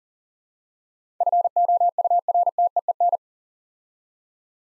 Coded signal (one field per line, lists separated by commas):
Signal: Morse code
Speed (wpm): 39 wpm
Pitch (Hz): 700 Hz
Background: none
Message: FOURTEEN